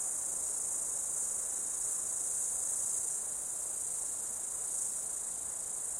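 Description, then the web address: Insects in a dense continuous high-pitched chorus, a steady shrill hiss that holds evenly throughout. Insects during an Australian summer, outdoors. "Foundation 1 AMBIENCE AUSTRALIAN SUMMER INSECTS"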